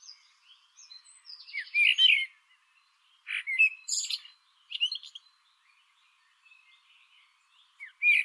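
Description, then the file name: Eurasian blackbird singing several phrases of fluty warbles and high scratchy twitters, some soft and some loud, separated by short pauses. "Turdus merula"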